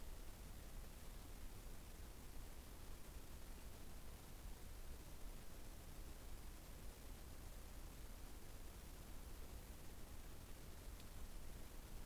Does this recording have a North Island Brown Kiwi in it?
no